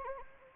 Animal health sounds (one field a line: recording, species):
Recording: mosquito wingbeat signal from an infrared sensor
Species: Anopheles arabiensis